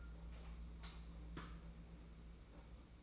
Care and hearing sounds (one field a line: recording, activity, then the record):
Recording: daily activity, microphone in the room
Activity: light on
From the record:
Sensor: 1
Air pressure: 991.9 hPa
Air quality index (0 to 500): 215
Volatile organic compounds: 1000 ppm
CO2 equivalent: 8365 ppm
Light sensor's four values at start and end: 9/21/9/9 and 14/41/16/17